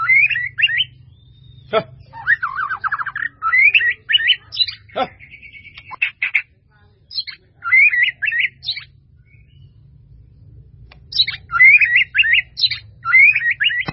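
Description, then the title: White-rumped Shama singing in clear, varied bursts of quick whistles and trills, with sharp clicks between phrases and brief silences. "murai batu"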